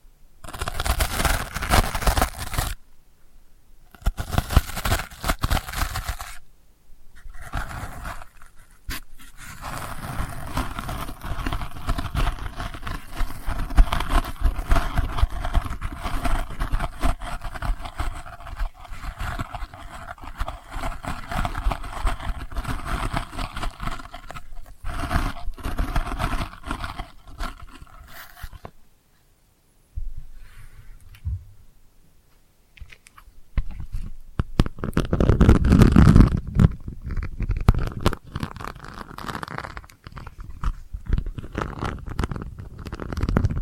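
Delicate scratching runs almost continuously as a dense, fine crackle with a bright, hissy edge, broken by short silent gaps near 3, 6 and 29 seconds. Around 35 to 37 seconds heavier, deeper rubbing thumps swell louder before the light scratching resumes.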